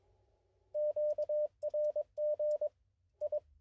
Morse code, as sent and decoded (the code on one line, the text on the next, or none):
--.- .-. --. / ..
QRG I